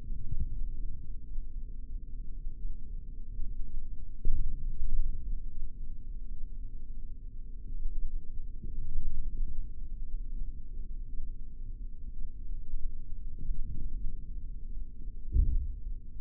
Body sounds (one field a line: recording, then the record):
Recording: forearm muscle sounds (acoustic myography)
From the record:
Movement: forearm supination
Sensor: system 3, bracelet of six PUI Audio POM-2738L microphones around the upper forearm, with dedicated amplification and filtering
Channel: 3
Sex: male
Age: 23 years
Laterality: right